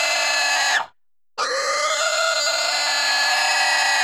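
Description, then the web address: Pig letting out a harsh, continuous squeal, briefly broken by a short pause before a longer, sustained scream. Intense squeals. "Sony Pictures Sound Effects Series Volumes 1-10 Volume 1 Animals Pig Squeals Intense"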